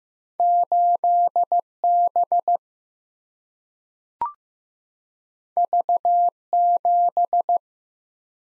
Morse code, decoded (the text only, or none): 8B V7